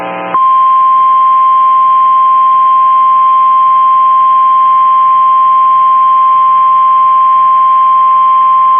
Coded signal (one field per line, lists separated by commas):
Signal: Emergency Alert System (SAME) tones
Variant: 1050 Hz attention tone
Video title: SIOUXLAND DERECHO | EAS Alerts from 7/5/2022 (EAS #1250-1281)